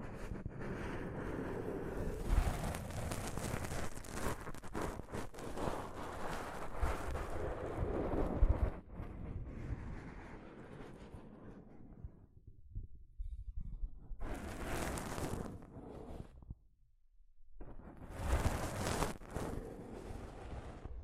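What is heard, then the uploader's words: Soft fabric brushes and rubs over a microphone, making a dense, rumbling rustle through the first ten seconds with sharper scrapes around 2 and 8 seconds. It then thins and drops to near silence before two brighter sweeping swipes near 15 and 19 seconds. ASMR Mic Brushing using Soft Fabric (No Talking).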